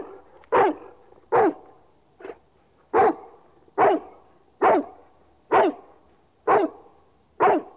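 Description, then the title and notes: Dog barks, nine short, clipped woofs repeating at a fairly steady pace of just over one a second, one softer bark among them. "NHK Sound Effects Collection - 3-Frogs, Crickets, Cicadas, Horses, Dogs. NHK効果音集 - 3-カエル・虫・セミ・ウマ・イヌ"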